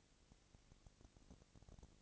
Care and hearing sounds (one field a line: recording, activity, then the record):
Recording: daily activity, microphone in the room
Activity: no activity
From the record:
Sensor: 4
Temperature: 22.5 degrees Celsius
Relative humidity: 33.4%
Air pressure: 999.7 hPa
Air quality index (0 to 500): 231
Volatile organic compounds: 21 ppm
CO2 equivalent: 2707 ppm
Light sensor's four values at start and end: 2/3/1/1 and 2/3/1/1